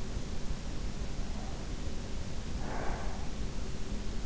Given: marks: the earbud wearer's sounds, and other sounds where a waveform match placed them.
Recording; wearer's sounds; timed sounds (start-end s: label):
sounds in sleep by an in-ear microphone; breath
2.34-3.67 s: breath